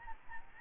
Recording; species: mosquito wingbeat signal from an infrared sensor; Aedes albopictus